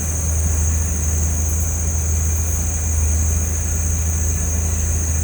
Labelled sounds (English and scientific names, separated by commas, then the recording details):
none
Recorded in pastures near Puerto Asís, Putumayo, Colombia, on 18 December 2024 at 17:30
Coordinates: 0.466, -76.322
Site G040